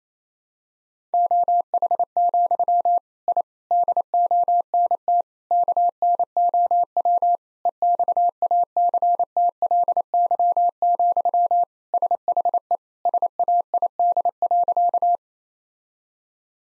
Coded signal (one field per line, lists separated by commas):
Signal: Morse code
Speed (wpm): 28 wpm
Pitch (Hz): 700 Hz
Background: none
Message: OH, I DONT KNOW EXACTLY, SHE SAID.